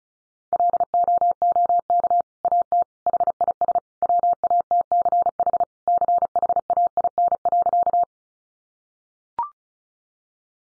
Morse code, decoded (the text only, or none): LOOK AT HIS WATCH CHAIN.